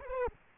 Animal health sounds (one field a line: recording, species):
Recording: mosquito wingbeat signal from an infrared sensor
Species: Aedes aegypti